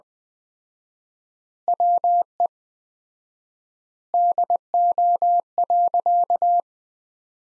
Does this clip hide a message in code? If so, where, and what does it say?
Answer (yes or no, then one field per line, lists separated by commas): yes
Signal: Morse code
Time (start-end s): 1.7-6.6 s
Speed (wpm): 20 wpm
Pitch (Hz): 700 Hz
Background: none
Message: WE DO.